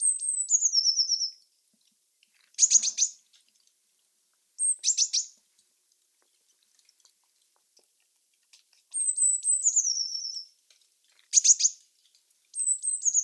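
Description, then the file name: Eurasian blue tit giving high descending trilled phrases, mixed with short scratchy, buzzy call bursts between them. "Cyanistes caeruleus"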